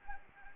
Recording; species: mosquito wingbeat signal from an infrared sensor; Anopheles arabiensis